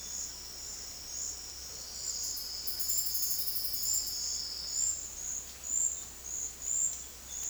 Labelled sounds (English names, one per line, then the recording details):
none
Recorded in dense forest near Puerto Asís, Putumayo, Colombia, on 19 February 2024 at 10:00
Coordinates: 0.485, -76.325
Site G6429